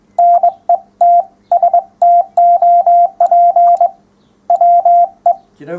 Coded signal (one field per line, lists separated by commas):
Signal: Morse code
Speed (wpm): 22 wpm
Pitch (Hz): 700 Hz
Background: none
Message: NET STOP WE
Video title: 975. Morse Code part 3 of 3. 11m37s